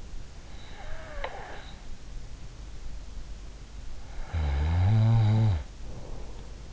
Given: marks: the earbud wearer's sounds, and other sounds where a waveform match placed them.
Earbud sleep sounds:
sounds in sleep by an in-ear microphone; breath, snoring breath
0.00-2.05 s: breath
3.59-6.22 s: snoring breath

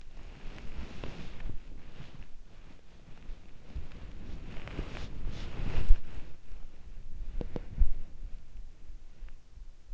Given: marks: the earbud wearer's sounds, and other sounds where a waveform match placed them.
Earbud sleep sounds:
sounds in sleep by an in-ear microphone; body movement
0.00-7.76 s: body movement

